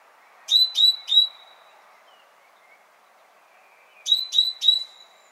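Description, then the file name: Great tit calls: two sets of three sharp, bright notes dropping quickly to a steady tone, the second set after a pause of about three seconds, over faint background hiss. "Parus major"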